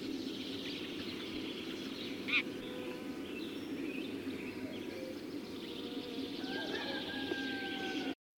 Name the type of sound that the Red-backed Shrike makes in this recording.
call